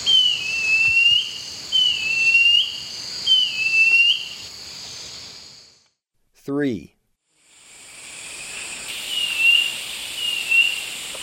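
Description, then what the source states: Cinereous Mourner song of high, thin slurred whistles repeated about every second and a half, a pause with a quick descending sweep, then whistles resume over steady hiss. Eastern lowlands of South America.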